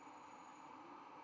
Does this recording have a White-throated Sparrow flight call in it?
no